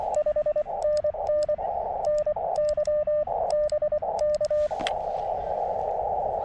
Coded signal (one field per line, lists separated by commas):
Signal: Morse code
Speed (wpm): 23 wpm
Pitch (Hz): 600 Hz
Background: radio noise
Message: 5NN NY BK